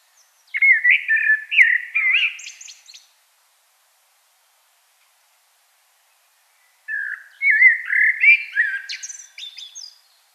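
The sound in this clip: Common blackbird song, two phrases about four seconds apart, each a mellow warbling melody that breaks into high, thin twittering at the end.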